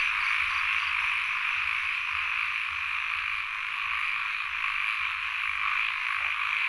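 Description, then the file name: Frogs giving low, repeated croaks against a dense, steady wall of insect trilling. Field recording of frogs and insects at Sen Monorom, Cambodia. "Les Cartes Postales Sonores - Insects Frogs of Sen Monorom"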